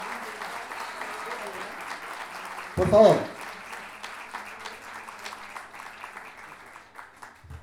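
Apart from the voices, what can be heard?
audience applause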